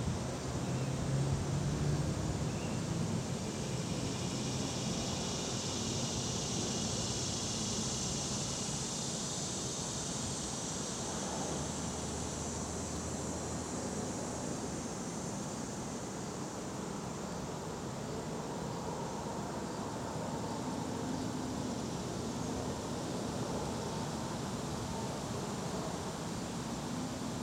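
Outdoor dusk ambience in the Catskills: a steady, dense wash of sound with a low rumble, like a vehicle or aircraft passing, running throughout. A high, hissing insect-like band is strongest in the first ten seconds, then fades slightly while the overall level stays even.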